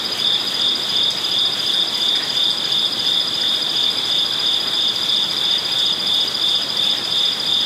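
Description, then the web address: Crickets give a shrill, rhythmic pulsing trill, steady throughout, layered over a continuous high whine and faint hiss. Crickets at night beside a koi pond in a zen garden in Kyoto, Japan. "lynne-publishing amb crickets koipond Kyoto zen garden night Japan"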